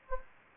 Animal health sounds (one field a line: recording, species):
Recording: mosquito wingbeat signal from an infrared sensor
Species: Anopheles gambiae